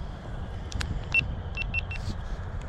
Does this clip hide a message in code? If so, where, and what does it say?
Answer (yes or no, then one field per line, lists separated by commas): no